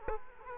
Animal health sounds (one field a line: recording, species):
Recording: mosquito wingbeat signal from an infrared sensor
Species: Aedes aegypti